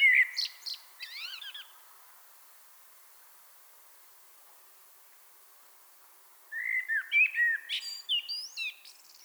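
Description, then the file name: Common blackbird song: two mellow warbled phrases, each ending in high chattering squeaks, separated by a long quiet pause. "Turdus merula"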